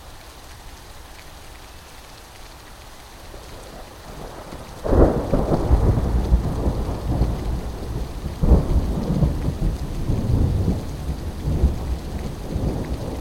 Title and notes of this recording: September Thunderstorm. This storm brought heavy rain, numerous of lightning strikes, wind and hail.